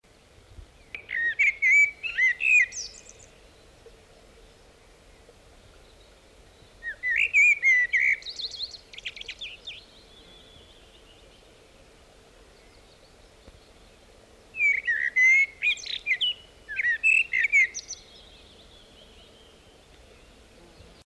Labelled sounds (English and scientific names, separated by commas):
Common Blackbird (Turdus merula) song